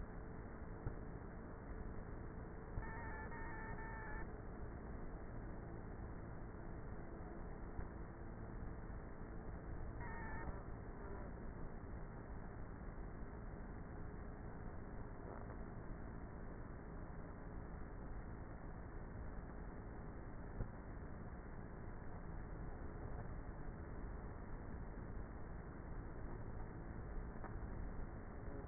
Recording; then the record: honeybee colony, microphone inside the hive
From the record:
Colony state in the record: queenless with a low population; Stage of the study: before two queens were removed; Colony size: about 30,000 bees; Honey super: no